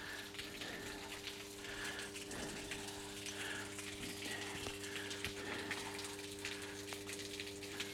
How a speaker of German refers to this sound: Ja, hier ist ein Trafohäuschen und direkt daneben ist ein Wasserbehälter. Dieser Wasserbehälter ist etwas undicht an der Stelle, wo der Stutzen von der Wasserleitung ist, wo es quasi reingepumpt wird und das Wasser steht jetzt hoch genug und es läuft